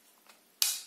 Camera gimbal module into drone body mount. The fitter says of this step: voilà vous avez entendu tant que vous avez pas entendu ce petit clip ce je